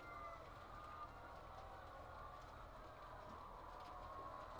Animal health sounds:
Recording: poultry house recording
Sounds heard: healthy chickens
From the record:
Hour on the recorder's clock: 8

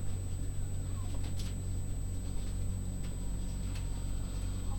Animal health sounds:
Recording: poultry house recording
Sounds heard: healthy chickens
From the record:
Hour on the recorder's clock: 21

